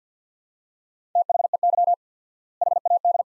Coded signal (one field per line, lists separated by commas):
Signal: Morse code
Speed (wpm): 50 wpm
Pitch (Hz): 700 Hz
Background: none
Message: THEY HAD